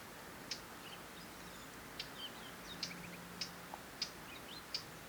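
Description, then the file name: Eurasian Blackcap giving short, hard clicking calls at irregular intervals over a steady hiss of background noise. "Sylvia atricapilla"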